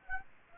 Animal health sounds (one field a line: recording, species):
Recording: mosquito wingbeat signal from an infrared sensor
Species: Aedes aegypti